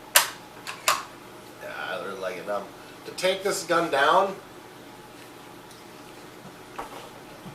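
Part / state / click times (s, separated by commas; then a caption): rifle bolt into the receiver / seated / 0.2 s, 0.9 s. A steel bolt on a Ruger American .308 bolt-action rifle is run forward and closed into the receiver. Two sharp metallic hits ring out at 0.2 s and 0.9 s as the bolt seats and the handle drops to lock it smoothly into place. Someone talks afterward, and a faint tap follows near 6.8 s.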